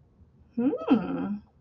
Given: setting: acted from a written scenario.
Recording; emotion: vocal sound without words; interest